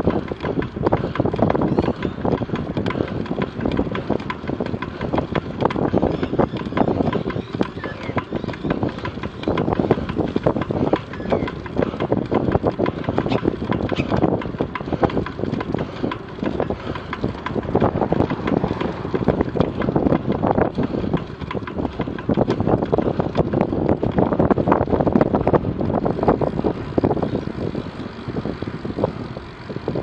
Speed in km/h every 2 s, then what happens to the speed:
22, 21, 21, 22, 20, 21, 22, 23, 23, 22, 22, 22, 20, 17, 16.
0-18 steady at about 22. 18-30 slows to 16.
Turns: none.